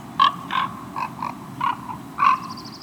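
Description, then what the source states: Common raven giving several short hoarse calls in an uneven series. Ravens' love song, linked to pair bonding; ravens probably mate for life.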